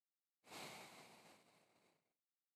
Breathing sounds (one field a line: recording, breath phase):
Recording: one breath near a microphone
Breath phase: exhalation